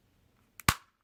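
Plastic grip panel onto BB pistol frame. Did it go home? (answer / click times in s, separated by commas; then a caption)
yes / 0.7 s. After the CO2 cartridge is tightened down, the plastic grip panel is put back onto the frame of a Crosman 1911 GI Model CO2 blowback BB pistol and pressed until it snaps in. A faint tick comes just before a single sharp, bright snap at 0.7 s that fades quickly. The grip panel is seated in place.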